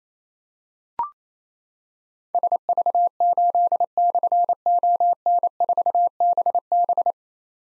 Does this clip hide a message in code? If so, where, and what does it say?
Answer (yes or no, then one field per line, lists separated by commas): yes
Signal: Morse code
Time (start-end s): 2.3-7.1 s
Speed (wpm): 27 wpm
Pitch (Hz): 700 Hz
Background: none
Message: SV8/ON4BB